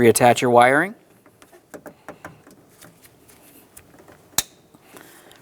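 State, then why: Seated. Someone talks briefly, then a plastic wiring harness connector is pushed onto the rear driver's side power window motor of a 1998–2002 Lincoln Navigator, with a few faint light ticks around 1.7–2.3 s. One loud, sharp click at 4.4 s marks the connector seating into place.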